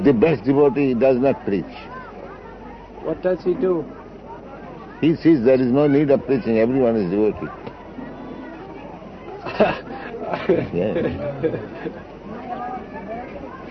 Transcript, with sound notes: The best devotee does not preach.
What does he do?
He sees there is no need of preaching; everyone is devotee. (laughs) Yes.